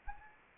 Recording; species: mosquito wingbeat signal from an infrared sensor; Anopheles arabiensis